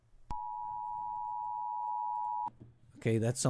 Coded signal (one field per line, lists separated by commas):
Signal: Emergency Alert System (SAME) tones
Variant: 853 and 960 Hz attention tone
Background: speech